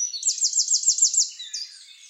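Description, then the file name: Eurasian wren giving a short, loud, rapid high trill of repeated notes, trailing off into a soft twitter. "Troglodytes troglodytes"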